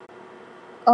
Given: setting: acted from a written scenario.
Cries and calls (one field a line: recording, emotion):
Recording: vocal sound without words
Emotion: romantic love